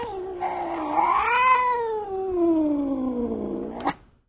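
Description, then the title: Domestic cat giving a long, harsh, angry yowl that rises, then slowly falls in pitch over about four seconds and ends with a brief sharp burst. "Звук злой кошки"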